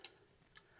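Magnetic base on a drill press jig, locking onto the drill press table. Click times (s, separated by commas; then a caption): 0.0 s, 0.6 s. Magnetic bases on a drill press jig are switched on to lock the jig onto the drill press table. Two short ticks sound at 0.1 s and 0.6 s as the magnets engage, the first one louder. The jig is seated and locked in place.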